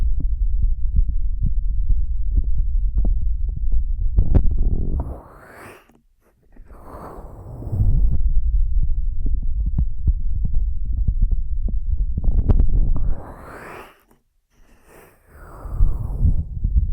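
Ear massage sounds: dense low rubbing and muffled thumping pulses, broken by brighter swishing sweeps near six and fourteen seconds with brief near-silences.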